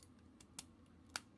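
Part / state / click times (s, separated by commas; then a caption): plastic part into a robot model kit body / seated / 1.2 s. A plastic part is pressed onto a robot model kit body (Yolopark G1 Optimus Prime and Megatron build) and pops into place. Faint, brief ticks come at about 0.0, 0.4 and 0.6 seconds over a low steady background, then a sharp, loud click at 1.2 seconds. The part is seated.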